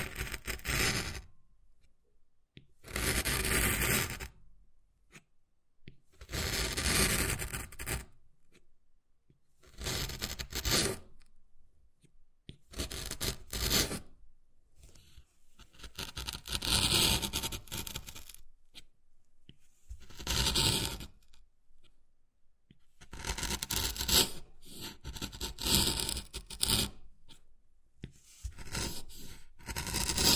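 Wood carving: bursts of rough scraping and scratching, each lasting one to two seconds, repeat every few seconds across the whole clip with short silences between. The strokes are gritty and bright, some louder and denser, with occasional small taps mixed in.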